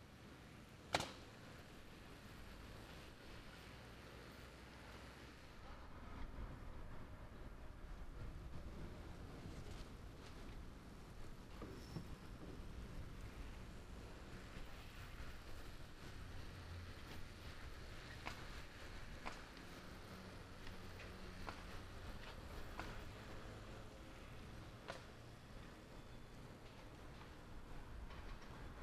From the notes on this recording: Standing by the Crossings at NoDa development in the Sugar Creek neighborhood. Featuring a nail gun, a distant saw, and wind.